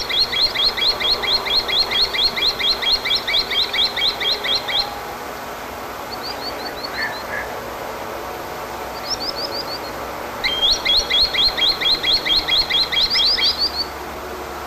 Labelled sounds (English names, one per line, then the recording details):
Common Sandpiper call
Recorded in the wild
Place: Krombachtalsperre, DE
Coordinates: 50.6217, 8.12722
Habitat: Wetland
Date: 1963-08-23
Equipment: Uher Report 4000, AKG D190
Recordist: Krey, Winfried